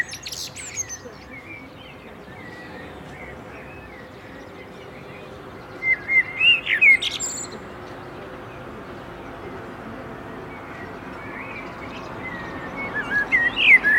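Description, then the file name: Common blackbird song: short fluted, warbling phrases ending in high squeaky twitters, heard in a few bursts with long quiet gaps and soft background hiss. "Turdus merula"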